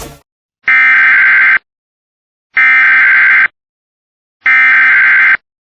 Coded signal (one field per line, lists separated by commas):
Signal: Emergency Alert System (SAME) tones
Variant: header bursts